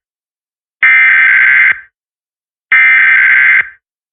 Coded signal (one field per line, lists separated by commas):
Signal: Emergency Alert System (SAME) tones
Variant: header bursts